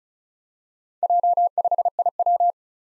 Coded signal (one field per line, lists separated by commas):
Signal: Morse code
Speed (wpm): 36 wpm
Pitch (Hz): 700 Hz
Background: none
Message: J5IW